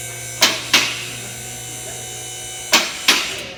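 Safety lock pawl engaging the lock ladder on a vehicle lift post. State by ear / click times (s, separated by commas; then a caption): seated / 0.4 s, 0.7 s, 2.7 s, 3.1 s. A vehicle is raised on a two-post lift, and the lift's steel safety lock pawls drop into each rung of the lock ladder as the carriage passes, keeping the vehicle from falling. Over a steady motor hum, sharp metallic clicks ring out at 0.4, 0.8, 2.7 and 3.1 seconds. Each click is the lock seating into place.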